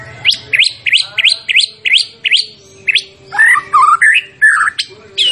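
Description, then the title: White-rumped shama song: a string of quick upslurred whistled notes, then a more varied, warbling phrase of lower and higher notes. Champion bird; training (masteran) recording of song for teaching other songbirds. "Masteran Murai Batu Juara"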